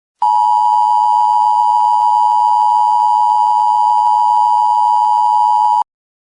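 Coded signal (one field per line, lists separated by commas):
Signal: Emergency Alert System (SAME) tones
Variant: 853 and 960 Hz attention tone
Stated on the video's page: Fictional EAS scenario alert.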